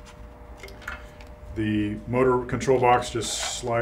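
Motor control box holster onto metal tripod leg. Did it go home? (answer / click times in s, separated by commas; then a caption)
yes / 0.9 s. The plastic holster for the motor control box of an Orion SkyView Pro Equatorial GoTo telescope mount is pressed around the metal part of the tripod leg, on the side closest to the RA housing ports so the wires don't wrap around the mount. It snaps into place with a sharp click at 0.9 s, seating the holster on the leg, and afterward someone talks.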